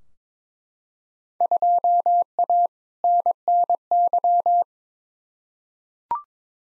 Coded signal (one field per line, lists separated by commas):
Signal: Morse code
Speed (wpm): 21 wpm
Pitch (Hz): 700 Hz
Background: none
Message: 2A NNY